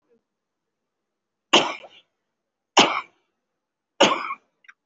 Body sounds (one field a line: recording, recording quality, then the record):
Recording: heavy voluntary cough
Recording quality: excellent, no background noise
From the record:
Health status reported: respiratory illness, not identified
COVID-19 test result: negative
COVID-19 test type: RT-PCR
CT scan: not taken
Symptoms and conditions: breathing difficulty, asthma, pneumonia, another respiratory illness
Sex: male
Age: 30 years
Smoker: no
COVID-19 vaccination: none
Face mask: worn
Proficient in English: no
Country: India